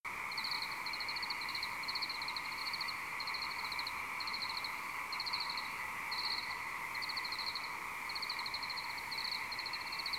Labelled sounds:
none

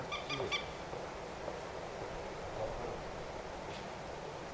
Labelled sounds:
Common Moorhen (Gallinula chloropus)

